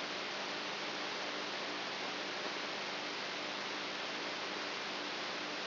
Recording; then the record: brain microelectrode recording played as sound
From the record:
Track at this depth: outside the subthalamic nucleus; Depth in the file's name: 8.3 mm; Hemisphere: right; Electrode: 3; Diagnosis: Parkinson's disease